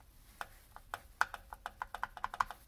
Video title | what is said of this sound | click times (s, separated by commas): Inexpensive Mods for Chamberlain, LiftMaster, and Craftsman Garage Door Openers | snap it back in make sure listen for the click | 1.2 s